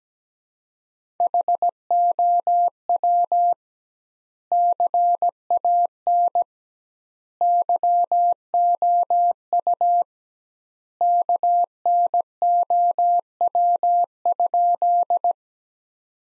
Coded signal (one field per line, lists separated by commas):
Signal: Morse code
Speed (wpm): 17 wpm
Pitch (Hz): 700 Hz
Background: none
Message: HOW CAN YOU KNOW?